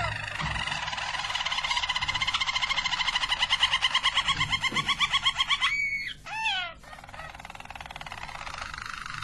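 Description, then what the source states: Harz Roller canary song, a long smooth harmonic roll swelling in volume for several seconds, then quick swooping whistles and a second softer roll. Belgian Harz Roller canary.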